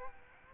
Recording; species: mosquito wingbeat signal from an infrared sensor; Aedes aegypti